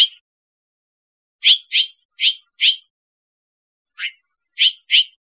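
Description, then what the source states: Bird calling with crisp, high chips: one note, a pause, then a run of four, then three more spaced notes, with nothing else heard. Possibly recorded in Costa Rica.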